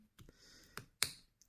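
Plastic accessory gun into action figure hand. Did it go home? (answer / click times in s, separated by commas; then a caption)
yes / 1.0 s. A small plastic accessory gun is pushed into the hand of a WASP Raider Action Force action figure so the figure can hold it. Faint taps and handling rustle at 0.2 s and 0.8 s lead to a sharp, bright plastic click at 1.0 s, followed by a tiny tick at 1.4 s. The gun seats in the figure's hand at 1.0 s.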